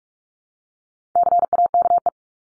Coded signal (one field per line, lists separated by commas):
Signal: Morse code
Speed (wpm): 44 wpm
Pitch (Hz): 700 Hz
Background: none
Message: CAKE